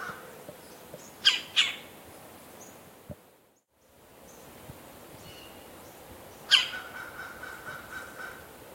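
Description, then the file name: Red-bellied woodpecker uttering rough, grating calls, a quick pair early on and a single burst later, with a brief dropout in the middle. "Melanerpes carolinus - Red-bellied Woodpecker"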